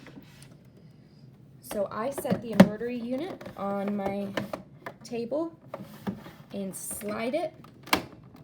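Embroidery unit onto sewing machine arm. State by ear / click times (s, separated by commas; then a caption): seated / 7.9 s. An embroidery unit for a Brother SE600 sewing machine is set on a table and slid onto the machine's free arm while someone talks. A sharp click at 7.9 s marks the unit latching into place.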